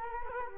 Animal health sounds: mosquito wingbeat signal from an infrared sensor; Culex quinquefasciatus

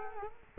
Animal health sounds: mosquito wingbeat signal from an infrared sensor; Culex quinquefasciatus

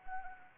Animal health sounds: mosquito wingbeat signal from an infrared sensor; Anopheles arabiensis

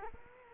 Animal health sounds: mosquito wingbeat signal from an infrared sensor; Culex quinquefasciatus

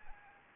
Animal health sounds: mosquito wingbeat signal from an infrared sensor; Anopheles arabiensis

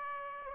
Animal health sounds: mosquito wingbeat signal from an infrared sensor; Aedes aegypti

